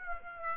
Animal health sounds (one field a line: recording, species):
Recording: mosquito wingbeat signal from an infrared sensor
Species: Aedes aegypti